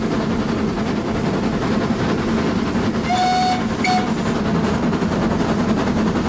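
A steam train rolls along the rails with a steady, dense rumble and clatter, broken midway by a short, shrill whistle blast that quickly fades back into the churning noise.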